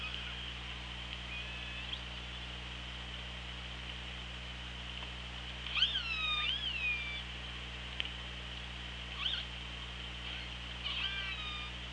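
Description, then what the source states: Killer whale calls, a loud harmonic squeal around six seconds followed by fainter short chirps, over continuous hiss and low hum. Recorded by OrcaLab hydrophone, 24 August 2017, at 16:26.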